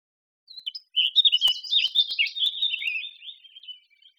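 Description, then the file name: Eurasian blackcap song: one continuous phrase of fast warbling that fades away. "Sylvia atricapilla"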